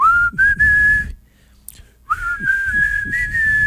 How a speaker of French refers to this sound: Sinon, tu veux savoir, ça va être quoi la chanson? Ça va siffler dedans. Ça va siffler?